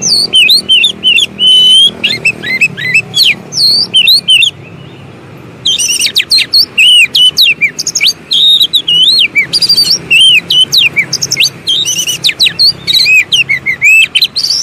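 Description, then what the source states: Oriental magpie-robin delivering dense, energetic song of slurred whistles and sharp chips, with a brief quiet break around five seconds before resuming. Long-duration filler song (isian) for training kept birds to sing actively day and night.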